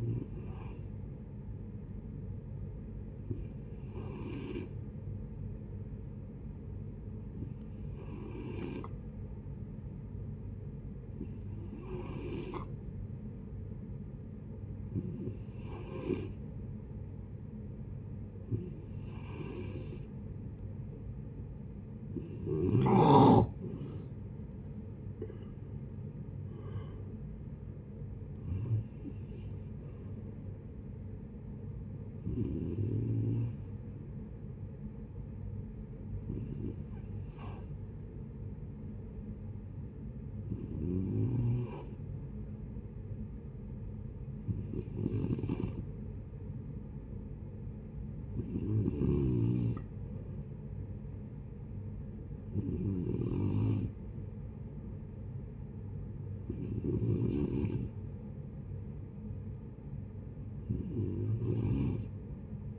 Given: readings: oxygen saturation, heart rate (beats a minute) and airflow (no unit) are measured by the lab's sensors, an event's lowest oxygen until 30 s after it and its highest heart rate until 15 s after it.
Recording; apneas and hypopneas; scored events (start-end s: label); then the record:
breathing in sleep by a smartphone at the bedside; 1
4.00-62.79 s: new sleep stage, N2 (light sleep)
7.00-24.60 s: hypopnea (N2, oxygen 92% highest, then 89% lowest)
From the record:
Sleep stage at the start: N1 (lightest sleep); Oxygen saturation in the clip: 89 to 95%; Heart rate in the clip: 59 to 76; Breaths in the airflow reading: 17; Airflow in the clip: -8.8 to 8.8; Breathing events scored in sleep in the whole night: 496 in 5.4 hours asleep